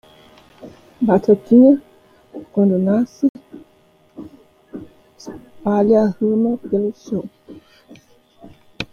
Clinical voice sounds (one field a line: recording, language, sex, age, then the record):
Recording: short text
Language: Brazilian Portuguese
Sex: female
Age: 60 to 69 years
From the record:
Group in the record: control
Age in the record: 62 years